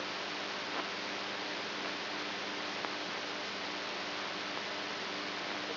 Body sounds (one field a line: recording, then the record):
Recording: brain microelectrode recording played as sound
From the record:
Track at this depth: outside the subthalamic nucleus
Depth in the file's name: 7.105 mm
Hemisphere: right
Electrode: 2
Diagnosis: Parkinson's disease